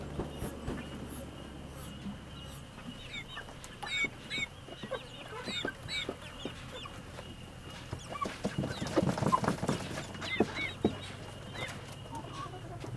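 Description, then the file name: Chickens clamouring, many overlapping clucks and high chick-like peeps throughout, busiest around nine to ten seconds, over a low rumbling hum. Hens and chicks clamouring together in a henhouse near a road. "Galinheiro perto de estrada galinhas pintinhos vozerio"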